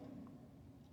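A metal battery contact is pushed into the plastic battery compartment of a 1998 Furby (Gizmo) toy during a battery compartment replacement. A steady low hum and faint handling noise fill the clip. The contact has not seated or clicked yet.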